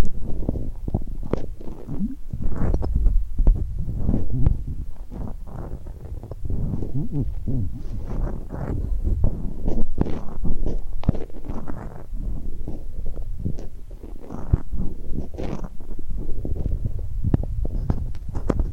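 Glued hands pulled and pressed together make a continuous run of sticky, crackling peels and soft smacks. The sound stays low and muffled, with dense, irregular pops throughout and brief sharper clicks scattered across the whole stretch.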